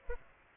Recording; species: mosquito wingbeat signal from an infrared sensor; Aedes aegypti